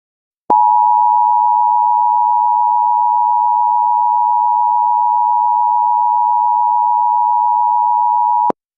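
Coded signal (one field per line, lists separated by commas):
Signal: Emergency Alert System (SAME) tones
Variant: 853 and 960 Hz attention tone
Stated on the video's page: Fictional Halloween EAS scenario, not a real alert.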